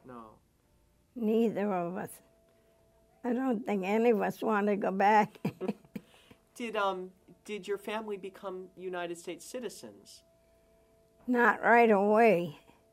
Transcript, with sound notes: No.
Neither of us. I don't think any of us want to go back. (she laughs)
Did, did your family become United States citizens?
Not right away.